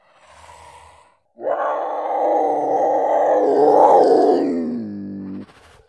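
Cougar giving a long, harsh, rasping growl lasting about four seconds, preceded by a softer, shorter sound.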